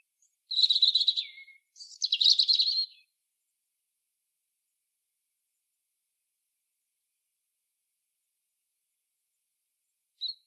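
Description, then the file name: European robin song: two short bursts of high, thin warbling twitters with a trailing whistle, then a long silence and a brief final note near the end. "Erithacus rubecula"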